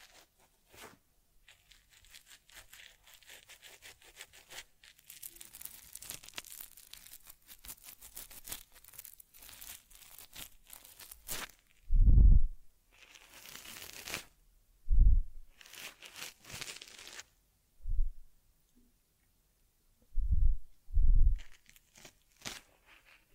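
Teddy grooming sounds: dense, rapid brushing and crinkly rubbing fill the first half, with scratchy strokes coming in bursts. In the second half, louder low thumps land around 12, 15, 18, 20 and 21 seconds between quieter scrapes and rustles.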